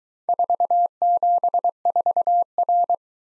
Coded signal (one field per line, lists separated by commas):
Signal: Morse code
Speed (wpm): 22 wpm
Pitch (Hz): 700 Hz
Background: none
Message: 474R